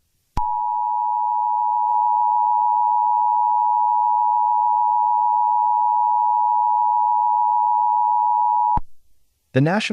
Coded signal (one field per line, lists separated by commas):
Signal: Emergency Alert System (SAME) tones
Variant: 853 and 960 Hz attention tone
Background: speech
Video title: EAS Scenario - EF6